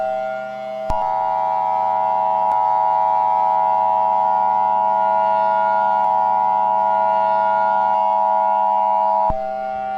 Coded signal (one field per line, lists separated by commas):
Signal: Emergency Alert System (SAME) tones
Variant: 853 and 960 Hz attention tone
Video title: Demogorgon Attack on New Year's Eve: EAS Scenario Simulation #easscenario #strangerthings